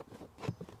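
A passenger-side rubber/TPE Muslogy hybrid floor mat for a Ford Maverick is handled and pushed down toward the floor retention hook. Soft, low thumps and rustles are heard, loudest near 0.5 s, with a brief knock at 0.7 s. Nothing has seated or clicked onto the retention clip yet.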